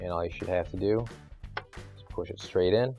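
A replacement speed bake rocker switch for a Frigidaire oven is fed back through its hole in the oven control panel, ready to be pushed straight in, while someone talks throughout. The switch has not seated or clicked into place yet; the clip ends before it goes home.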